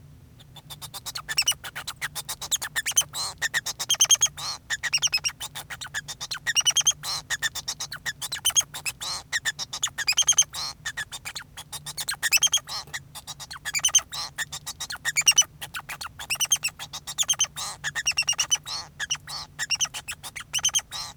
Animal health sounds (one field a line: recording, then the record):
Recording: song of a male Bengalese finch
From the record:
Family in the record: son of father 2